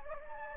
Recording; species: mosquito wingbeat signal from an infrared sensor; Anopheles gambiae